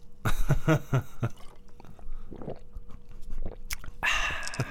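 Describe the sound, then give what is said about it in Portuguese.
A person drinking water: a few wet, throaty gulps at the start, then quieter sips and mouth clicks, ending in a loud breathy rush of air. No one speaks. “Pronto, isto foi eu a beber água.”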